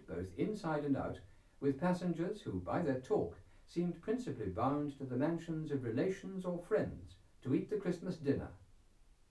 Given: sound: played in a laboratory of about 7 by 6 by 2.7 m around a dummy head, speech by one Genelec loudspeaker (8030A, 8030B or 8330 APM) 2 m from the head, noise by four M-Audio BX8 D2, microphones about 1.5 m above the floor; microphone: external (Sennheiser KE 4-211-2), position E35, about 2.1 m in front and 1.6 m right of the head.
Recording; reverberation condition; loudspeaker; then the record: male speech in English; low; 120 degrees to the right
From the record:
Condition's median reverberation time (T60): about 310 ms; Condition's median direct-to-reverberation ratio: about 3.5 dB